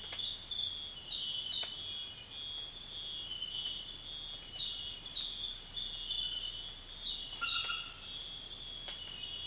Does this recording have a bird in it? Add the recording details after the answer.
no. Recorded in dense forest near Puerto Asís, Putumayo, Colombia, on 4 March 2025 at 04:30. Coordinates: 0.481, -76.323. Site G088